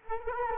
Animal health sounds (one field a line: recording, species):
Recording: mosquito wingbeat signal from an infrared sensor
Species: Culex quinquefasciatus